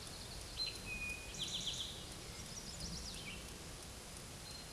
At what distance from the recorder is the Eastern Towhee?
about 20 m